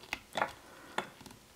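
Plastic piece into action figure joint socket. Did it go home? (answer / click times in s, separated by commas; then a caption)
no / none. A plastic piece is pressed into an action figure's joint socket, giving a sharp plastic tick at 0.1 s, a short cluster of clacks around 0.4 s, another sharp tick at 1.0 s and a faint tap near 1.3 s. The piece has not clicked into place; it is just sitting loosely in the socket.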